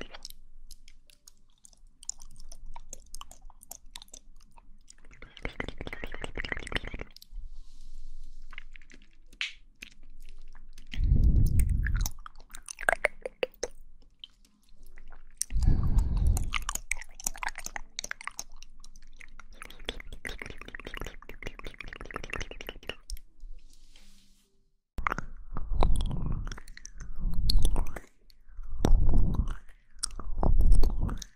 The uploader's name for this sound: Mouth Sounds